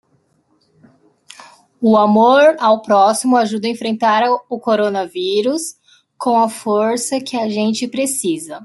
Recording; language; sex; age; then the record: spoken sentence; Brazilian Portuguese; female; 20 to 29 years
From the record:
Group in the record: control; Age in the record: 29 years